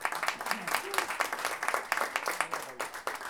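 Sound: audience applause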